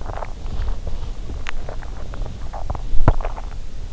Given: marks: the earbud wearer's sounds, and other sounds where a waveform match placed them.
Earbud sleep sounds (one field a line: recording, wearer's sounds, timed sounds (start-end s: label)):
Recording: sounds in sleep by an in-ear microphone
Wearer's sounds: swallowing, teeth grinding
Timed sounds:
0.00-1.24 s: swallowing
1.24-2.31 s: teeth grinding
2.39-2.83 s: swallowing
3.00-3.48 s: swallowing